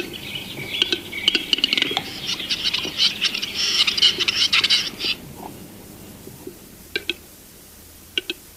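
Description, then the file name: Western Capercaillie display song: clicks running into a rasping, whetting hiss for about five seconds, then quiet with a few isolated double clicks. "Gallo cedrone (Tetrao urogallus)"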